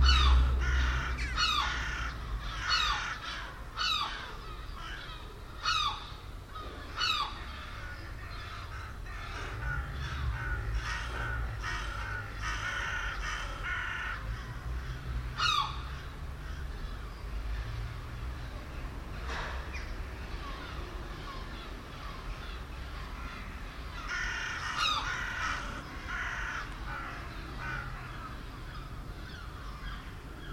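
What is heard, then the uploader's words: Crows and jackdaws caw in rapid, overlapping bursts above, loudest early on, with gull-like cries and a steady low rumble underneath. Seagulls, Crows And Jackdaws (Den Haag, June 19th 2016). An 'aerial battle' above my house between seagulls, crows and jackdaws.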